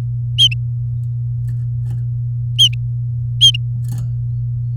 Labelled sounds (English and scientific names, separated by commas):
Domestic Canary (Serinus canaria) song